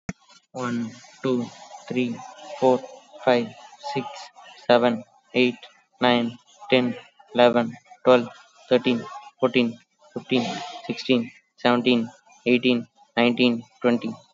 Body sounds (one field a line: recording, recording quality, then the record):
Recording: counting at a normal pace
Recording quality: excellent, no background noise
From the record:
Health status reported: COVID-19 positive, mild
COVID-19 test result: positive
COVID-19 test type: RT-PCR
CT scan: not taken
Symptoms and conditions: cough, cold, sore throat, fatigue, muscle pain, loss of smell and taste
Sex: male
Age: 26 years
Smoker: no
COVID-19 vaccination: none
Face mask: worn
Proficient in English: yes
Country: India